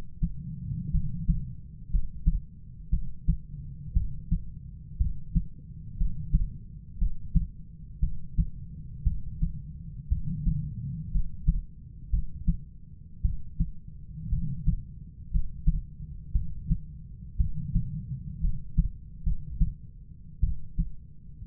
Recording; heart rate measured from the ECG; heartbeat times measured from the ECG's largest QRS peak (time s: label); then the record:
heart sounds by stethoscope; 58 bpm
0.91 s: heartbeat
1.90 s: heartbeat
2.90 s: heartbeat
3.93 s: heartbeat
4.97 s: heartbeat
5.97 s: heartbeat
6.98 s: heartbeat
8.00 s: heartbeat
9.03 s: heartbeat
10.08 s: heartbeat
11.11 s: heartbeat
12.10 s: heartbeat
13.22 s: heartbeat
14.29 s: heartbeat
15.30 s: heartbeat
16.32 s: heartbeat
17.37 s: heartbeat
18.40 s: heartbeat
19.23 s: heartbeat
20.40 s: heartbeat
From the record:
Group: healthy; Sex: female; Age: 37 years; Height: 168 cm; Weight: 70 kg